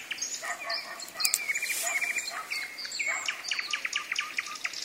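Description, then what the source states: Common nightingale song, a packed flow of sharp clicks, buzzy trills and brief whistles, with a quick run of repeated notes in the second half. Singing in the evening, with thunder.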